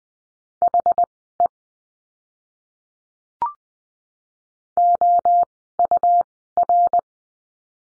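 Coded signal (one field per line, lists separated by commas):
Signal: Morse code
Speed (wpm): 20 wpm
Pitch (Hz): 700 Hz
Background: none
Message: HE OUR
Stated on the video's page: Morse code course lesson on letter F words, at Farnsworth speed of 20/10 wpm.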